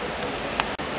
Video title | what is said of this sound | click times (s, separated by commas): How to Replace a Male Plug in a 36" Wobblelight - with Tony the Tech | and you can hear the pop, and you got it. | 0.6 s